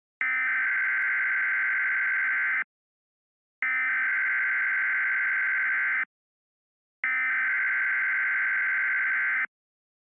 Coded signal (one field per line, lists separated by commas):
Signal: Emergency Alert System (SAME) tones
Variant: header bursts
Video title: Fake CRS Archive/EAS Mock: KWO39 completely dies